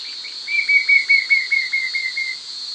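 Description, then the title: White-shouldered fire-eye song: a steady series of clear whistled notes, slightly falling in pitch, over a constant high drone. "LuckyPassaro Completos2Sama. White-shouldered Fire-eye (Pyriglena leucoptera)"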